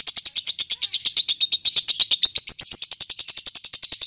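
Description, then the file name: Lovebird song: rapid, evenly spaced high shrill chirps, buzzy and metallic, pouring out continuously. Lovebird Fretty, owned by Om Barnas. "audio lovebird fretty milik om barnas"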